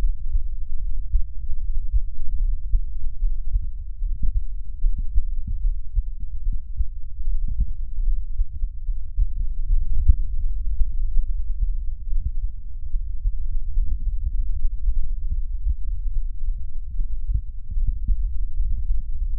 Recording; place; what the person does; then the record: lung sounds by stethoscope; left anterior apical chest; quiet breathing, then deep breathing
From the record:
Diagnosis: asthma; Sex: female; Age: 65 years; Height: 157 cm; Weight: 70.2 kg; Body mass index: 28.5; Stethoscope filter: bell mode